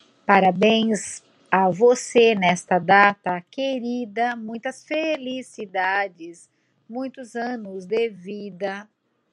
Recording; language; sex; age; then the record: short text; Brazilian Portuguese; female; 50 to 59 years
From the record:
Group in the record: control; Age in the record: 52 years